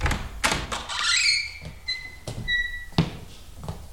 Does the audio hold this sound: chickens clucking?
no